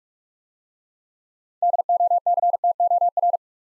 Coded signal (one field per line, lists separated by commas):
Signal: Morse code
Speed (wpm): 42 wpm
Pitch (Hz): 700 Hz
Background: none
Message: DOCTOR